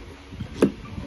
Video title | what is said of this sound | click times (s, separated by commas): Bigay ng anak ko - Ruby Pilo Solicar | naka-lock na siya pwede si ganon lang picture | 0.6 s